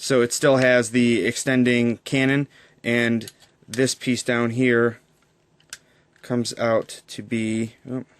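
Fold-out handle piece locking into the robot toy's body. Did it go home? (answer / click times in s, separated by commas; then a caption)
no / none. Someone talks while handling a plastic KO oversized TFC Uranos (Superion) transforming robot toy, swinging out its fold-out handle / landing gear piece, with a few faint handling clicks in a pause around 5.2 to 5.7 s. The piece has not locked or clicked into place yet.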